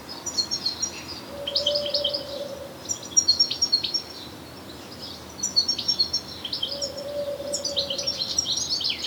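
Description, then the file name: European goldfinch calls, clusters of crisp high chirps and trills separated by short pauses, with a low soft tone twice. "Carduelis carduelis"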